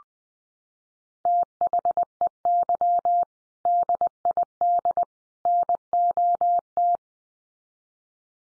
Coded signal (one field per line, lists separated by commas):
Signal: Morse code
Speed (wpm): 20 wpm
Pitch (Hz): 700 Hz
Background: none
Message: THEY DID NOT